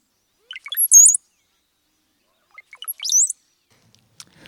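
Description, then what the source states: Brown-headed cowbird song: twice, a few short, lower notes lead into a thin, very high, slurred whistle; the two phrases are about two seconds apart. Heard commonly throughout forests and fields; a brood parasite whose female lays eggs in other birds' nests.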